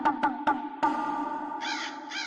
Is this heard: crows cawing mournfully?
yes